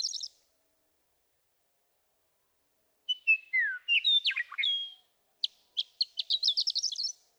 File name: Western Meadowlark